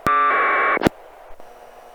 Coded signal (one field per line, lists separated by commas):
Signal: packet radio (AX.25, as in APRS)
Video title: Winlink Setup and Demo